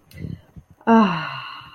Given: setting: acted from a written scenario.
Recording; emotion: vocal sound without words; serenity